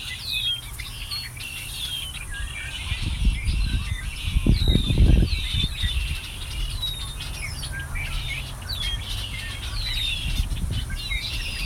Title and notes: Migrating birds at Ashburton. Birds hiding in the bushes around the lake